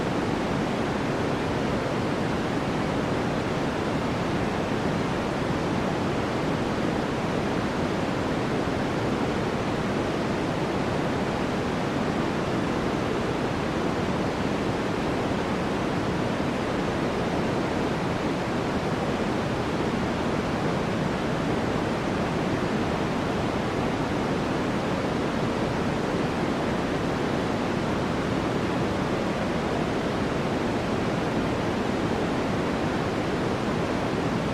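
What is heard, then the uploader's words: A steady white noise hiss runs unchanged for the whole half minute, dense and even with no gaps or events. It sits fairly full in the low and middle range and thins toward the top, sounding like a constant rushing, something like a waterfall. Soothing white noise.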